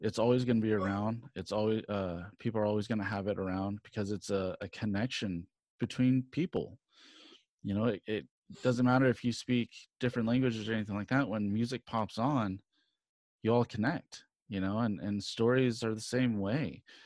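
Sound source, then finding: Adult man speaking. Typical speech.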